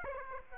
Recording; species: mosquito wingbeat signal from an infrared sensor; Aedes aegypti